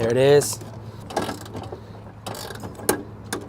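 A click-type torque wrench ratchets another electrical panel lug bolt down until it clicks at its setting at 2.9 s, confirming the bolt is torqued. Faint ratcheting sounds come before the sharp click, and someone talks at the start.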